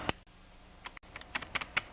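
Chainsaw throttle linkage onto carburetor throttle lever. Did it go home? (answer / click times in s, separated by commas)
yes / 1.8 s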